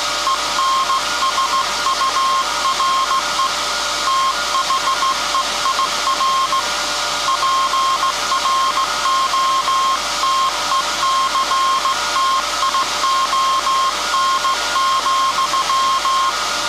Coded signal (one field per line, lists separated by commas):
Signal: Morse code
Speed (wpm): 16 wpm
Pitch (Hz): 1070 Hz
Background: none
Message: ENSURE THEIR PROTECTION,